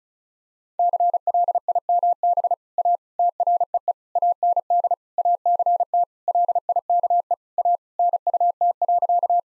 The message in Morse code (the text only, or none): CLIMB A TREE AND ACT LIKE A NUT.